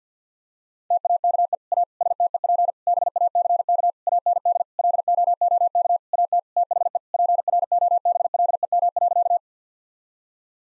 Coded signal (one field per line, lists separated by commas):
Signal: Morse code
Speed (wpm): 50 wpm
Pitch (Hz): 700 Hz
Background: none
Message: TAKE A STEP BACK AND LOOK AT THE PROBLEM.